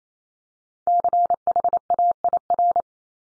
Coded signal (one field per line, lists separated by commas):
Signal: Morse code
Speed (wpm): 28 wpm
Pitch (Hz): 700 Hz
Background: none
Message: CHAIR